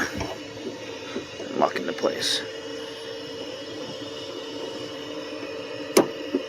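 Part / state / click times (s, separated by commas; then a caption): AC gauge hose quick coupler onto high-pressure service port of car AC system / seated / 6.0 s. The sleeve of an AC gauge hose's quick coupler is lifted and the coupler is pushed onto the high-pressure service port of a Mustang's AC system while someone talks. Small knocks come at 1.6 and 1.9 s, and at 6.0 s a sharp, loud snap is heard as the coupler pops on and locks into place.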